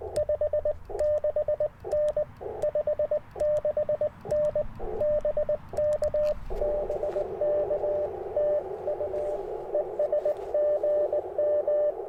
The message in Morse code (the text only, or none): 56N 56N BK BK TU ES GM